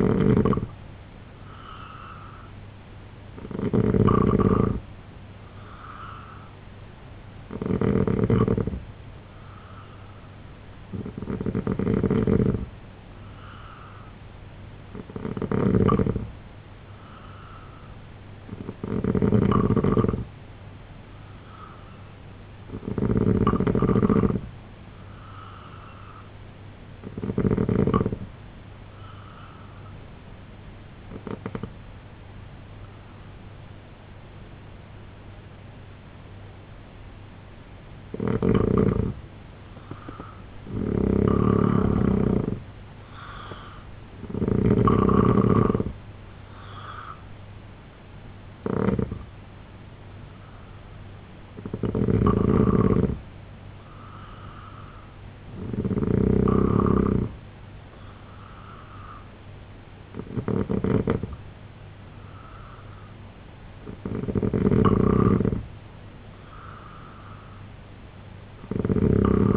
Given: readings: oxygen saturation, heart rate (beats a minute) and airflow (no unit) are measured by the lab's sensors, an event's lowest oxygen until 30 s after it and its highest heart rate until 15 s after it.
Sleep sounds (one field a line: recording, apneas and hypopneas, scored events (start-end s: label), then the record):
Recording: breathing in sleep by a voice recorder at the bedside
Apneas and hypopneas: 1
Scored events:
11.00-69.57 s: new sleep stage, N2 (light sleep)
28.00-43.40 s: hypopnea (N2, oxygen 88% highest, then 84% lowest, heart rate 74 at the start, 81 highest)
From the record:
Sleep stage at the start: N3 (deep sleep)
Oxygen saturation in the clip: 84 to 90%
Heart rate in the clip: 69 to 81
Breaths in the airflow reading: 15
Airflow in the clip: -3.3 to 5.1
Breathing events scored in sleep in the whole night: 258 in 7.4 hours asleep